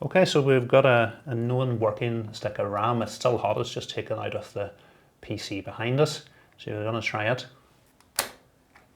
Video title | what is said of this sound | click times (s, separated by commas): Fixing a Broken PC - Episode 1 | Yep, so nice satisfying click. | 8.2 s